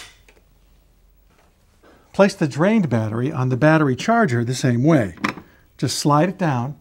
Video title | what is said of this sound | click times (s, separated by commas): Invacare Lifts and Slings - Intro | push it away from you until you hear it click into place. | 0.3 s